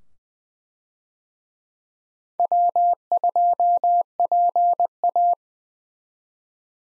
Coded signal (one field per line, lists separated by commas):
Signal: Morse code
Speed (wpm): 20 wpm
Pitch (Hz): 700 Hz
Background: none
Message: W2PA